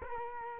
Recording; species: mosquito wingbeat signal from an infrared sensor; Culex quinquefasciatus